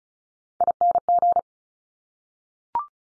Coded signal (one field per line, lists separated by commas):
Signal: Morse code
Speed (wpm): 36 wpm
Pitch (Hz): 700 Hz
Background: none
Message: ING